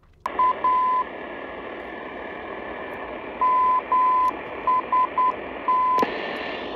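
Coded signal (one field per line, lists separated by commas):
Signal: Morse code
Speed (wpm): 10 wpm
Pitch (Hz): 1010 Hz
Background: none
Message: A MST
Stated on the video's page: Non-directional airport beacon on 351 kHz received on a Tecsun PL-990 longwave, comparing internal ferrite, external antenna, and antenna plus ground.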